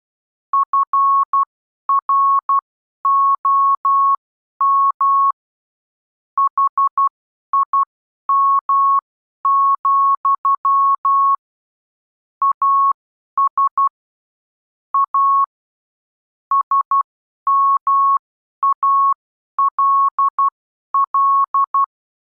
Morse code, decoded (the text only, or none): FROM HIM, AS A SMALL